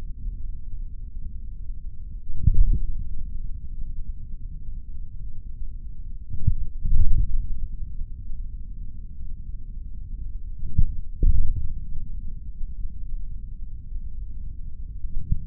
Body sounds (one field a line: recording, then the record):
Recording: forearm muscle sounds (acoustic myography)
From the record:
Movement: index flexion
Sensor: system 3, bracelet of six PUI Audio POM-2738L microphones around the upper forearm, with dedicated amplification and filtering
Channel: 5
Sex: male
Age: 26 years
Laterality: right